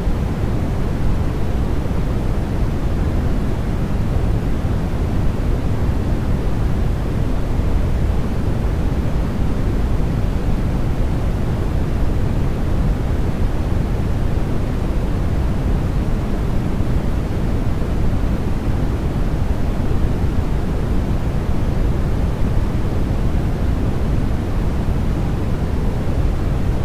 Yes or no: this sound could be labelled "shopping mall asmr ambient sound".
no